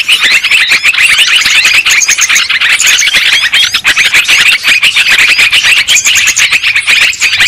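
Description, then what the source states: Lovebird chattering, a dense, nonstop stream of shrill squeaks and chirps with overlapping high twitters, loud throughout. Lure sound used for trapping birds.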